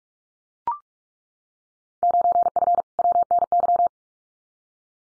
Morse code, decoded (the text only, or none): 9F WNY